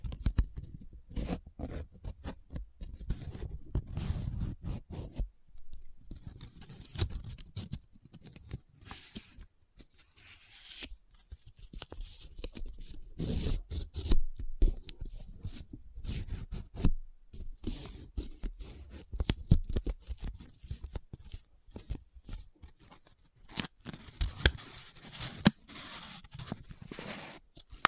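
Paper being folded, rubbed and crinkled close up, in a busy run of crackling scrapes and scratches with only brief pauses. The handling comes in quick bursts, some with a low thudding weight, others sharp and bright, with short tearing-like rasps scattered throughout.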